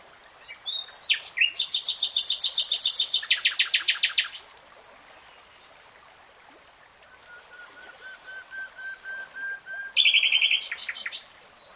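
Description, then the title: Nightingale singing a fast rattling trill of repeated notes, then a slow series of soft pure whistles swelling in loudness, ending with another harsh rapid burst. Three-hour real-time recording. "[Tiếng chim hót] Nightingale Singing"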